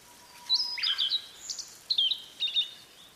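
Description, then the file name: Blue-and-white flycatcher song, a short burst of high slurred whistles with harsh buzzy notes, and a faint low steady whistle underneath. "oruri"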